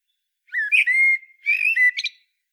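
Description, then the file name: Common blackbird song in two phrases, a drawn-out mellow whistle followed by a second warbled phrase ending in a brief high squeaky flourish. "Turdus merula"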